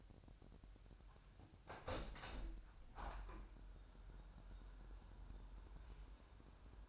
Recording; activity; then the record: daily activity, microphone in the room; open window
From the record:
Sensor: 2